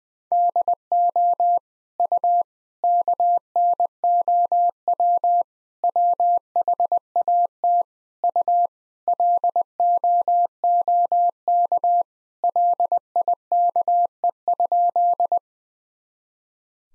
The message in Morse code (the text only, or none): DO U KNOW WHAT U LOOK LIKE?